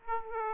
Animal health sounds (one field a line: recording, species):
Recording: mosquito wingbeat signal from an infrared sensor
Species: Aedes aegypti